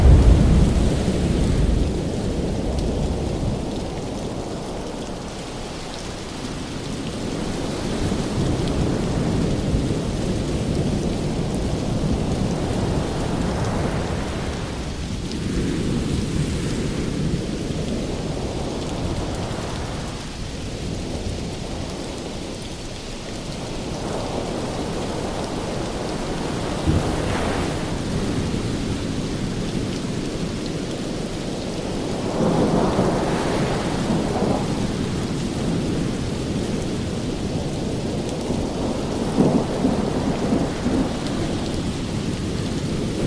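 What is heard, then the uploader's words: Steady rain hisses throughout with a deep, rolling rumble underneath that swells and fades in long waves, rising around 8–12, 15–18 and 32–36 seconds. The low roar could be thunder or surf, and the overall level stays fairly even and dense. Thunder And Lightning Rain Sounds On Ocean Waves.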